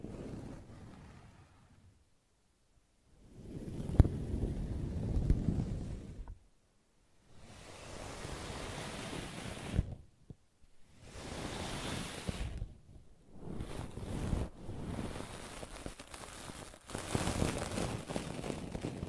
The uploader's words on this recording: ASMR Brushing and Scratching You to Sleep (No Talking).